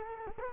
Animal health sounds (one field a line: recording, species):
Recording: mosquito wingbeat signal from an infrared sensor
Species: Culex quinquefasciatus